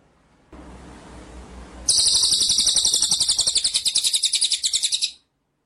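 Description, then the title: White-rumped shama, a single sustained high buzzy trill of rapid pulses lasting about three seconds, following a stretch of low hiss. Masteran (training) track for White-rumped shama; full ngerol (rolling song) with nembak style. "Masteran Murai Batu Full Ngerol Nembak"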